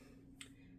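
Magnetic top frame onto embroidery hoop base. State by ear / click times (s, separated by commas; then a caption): seated / 0.4 s. The magnetic top frame of a new 6x10 Dime snap hoop is pressed down onto the fabric and bottom frame. It snaps closed at 0.4 s with a single short, sharp click over a steady low hum. The frame is seated.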